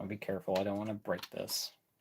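A plastic piece of a Jakks Pacific Super Mario Galaxy Movie Bowser Jr. Clown Car toy is carefully handled toward its position on the figure while someone talks. Nothing has seated or clicked yet, and the clip ends in quiet just before the part goes home.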